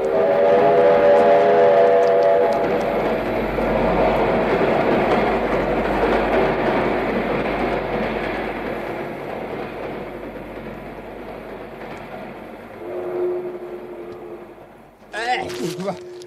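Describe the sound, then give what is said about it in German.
An express train roars past with a loud, broad rumbling rush, a whistle-like tonal blare sounding at the start, the noise slowly fading before a brief tonal burst and a short clatter at the end. “Da kommt der Schnellzug! Der macht schönen Dreck und Wind!”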